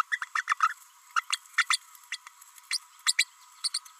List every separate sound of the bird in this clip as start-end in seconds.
0.12-0.19, 0.35-0.43, 0.47-0.55, 0.62-0.68, 1.16-1.21, 1.32-1.37, 1.57-1.66, 1.69-1.78, 2.12-2.17, 2.70-2.78, 3.06-3.14, 3.18-3.24, 3.63-3.69, 3.73-3.79